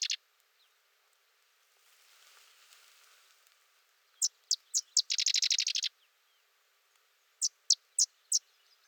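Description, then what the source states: Sedge wren song: a few sharp high chips followed by a fast dry chattering trill, phrases repeated with short pauses, with faint soft hiss between phrases. Singing close for over 3 minutes.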